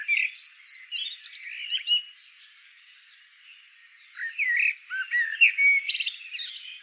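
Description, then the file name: Common blackbird warbling a run of slurred notes with chattering high twitters. A softer stretch follows, then a louder phrase ending in a squeaky flourish. "Turdus merula"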